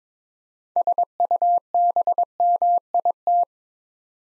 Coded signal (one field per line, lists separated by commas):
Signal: Morse code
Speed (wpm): 22 wpm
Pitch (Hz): 700 Hz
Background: none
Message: SUBMIT